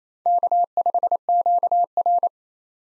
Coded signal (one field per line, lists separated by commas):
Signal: Morse code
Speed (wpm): 28 wpm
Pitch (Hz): 700 Hz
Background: none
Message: K5QR